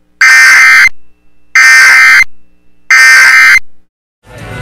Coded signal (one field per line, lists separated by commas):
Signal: Emergency Alert System (SAME) tones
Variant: end-of-message bursts